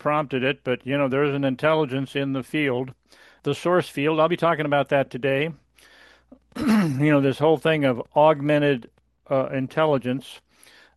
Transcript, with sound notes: We prompted it, but, you know, there is an intelligence in the field, the source field. I'll be talking about that today, (clears throat) you know, this whole thing of augmented, uh, intelligence,